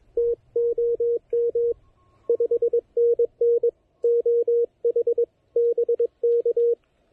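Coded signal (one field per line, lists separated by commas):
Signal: Morse code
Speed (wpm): 19 wpm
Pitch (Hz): 500 Hz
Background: none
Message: TOM 5NN OH BK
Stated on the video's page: QRP summit activation pile-up using an Elecraft KH1 with speaker-wire antenna, on 20, 40 and 17 meters.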